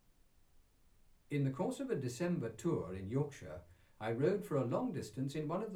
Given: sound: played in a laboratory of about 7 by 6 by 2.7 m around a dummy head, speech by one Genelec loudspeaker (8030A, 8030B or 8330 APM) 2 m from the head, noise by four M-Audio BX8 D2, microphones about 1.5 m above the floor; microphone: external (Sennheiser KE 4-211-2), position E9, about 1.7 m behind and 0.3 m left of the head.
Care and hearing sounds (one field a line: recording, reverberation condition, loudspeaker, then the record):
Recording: male speech in English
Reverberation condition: low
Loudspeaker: 60 degrees to the right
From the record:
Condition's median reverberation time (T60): about 310 ms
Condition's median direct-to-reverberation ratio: about 3.5 dB